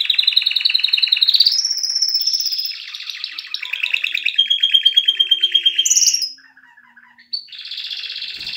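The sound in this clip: Canary song of long rolling trills that shift pitch, a fast buzzy tour, a short pause, then another high rolled phrase.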